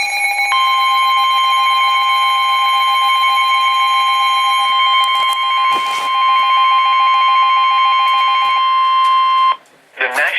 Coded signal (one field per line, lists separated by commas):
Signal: Emergency Alert System (SAME) tones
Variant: 1050 Hz attention tone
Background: speech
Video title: Tornado Warning #6 (FOR MY COUNTY!) (EAS #200)